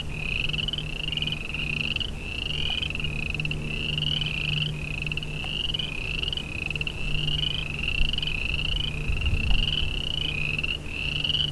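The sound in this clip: Chorus of boreal chorus frogs: rapid rising creeks, each a short pulsed trill, repeated and overlapping without pause, with a constant low droning hum beneath.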